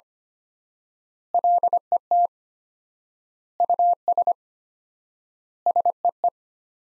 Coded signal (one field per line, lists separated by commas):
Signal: Morse code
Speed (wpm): 25 wpm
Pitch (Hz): 700 Hz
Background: none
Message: LET US SEE